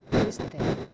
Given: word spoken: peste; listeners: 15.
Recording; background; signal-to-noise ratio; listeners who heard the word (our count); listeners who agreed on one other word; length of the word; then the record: one Spanish word in noise, from a listening test; noise modulated by one talker; -9.5 dB; 0 of 15; 8 of 15; 0.54 s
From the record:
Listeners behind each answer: 8, 3, 2, 1, 1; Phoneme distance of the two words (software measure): 27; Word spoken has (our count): 2 syllables, 5 phonemes, stress on syllable 1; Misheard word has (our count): 2 syllables, 6 phonemes, stress on syllable 1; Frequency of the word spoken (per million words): 8.05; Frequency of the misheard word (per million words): 44.93